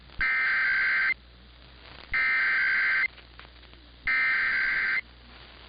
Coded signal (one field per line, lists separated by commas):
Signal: Emergency Alert System (SAME) tones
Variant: header bursts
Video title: [EAS #2483-#2489] Tests Galore! (6/20/23 - 6/21/23)